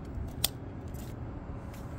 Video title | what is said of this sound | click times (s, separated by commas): 2010 Gen 3 Prius Throttle Body Replacement | That clicked. | 0.4 s